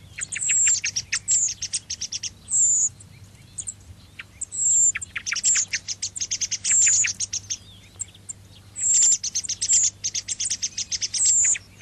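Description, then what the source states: Thrush singing in repeated phrases of high, fast, scratchy notes, several with a clear sustained whistle, separated by short gaps, with a steady low hum behind. Song phrases (moduli).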